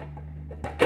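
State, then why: Not seated. A plastic faux tank cover on an electric motorbike, converted to hold on with neodymium magnets instead of screws, is handled as it is set back onto the frame. A steady low hum runs under faint handling sounds, with louder rustling bursts near 0.6 s and a rise toward the end. Nothing has seated or clicked yet.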